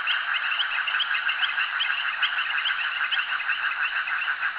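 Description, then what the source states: Frogs calling in a dense chorus, many short overlapping notes repeated rapidly and continuously, with brief higher chirps above a steady mid-pitched din. Frogs calling at a jetty.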